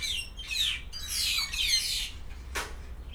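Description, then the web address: Grey parrot squawks: harsh, broad screeches in quick succession with a short whistled note, over a constant low hum. Grey parrot at Szeged Zoo, recorded 2011. "szegedizoo 2011 jakopapagaj jako"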